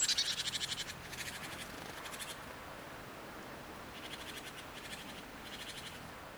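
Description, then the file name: Great tit churring call, a loud stuttering rattle at the start followed by softer buzzy bursts repeated a few times against low background noise. "Parus major"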